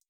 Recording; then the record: hydrophone in a shrimp aquaculture tank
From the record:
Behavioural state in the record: feeding